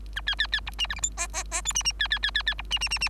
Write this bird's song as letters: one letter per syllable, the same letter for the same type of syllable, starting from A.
A B B B C D E F G H H H I D D B B B B B C D D D D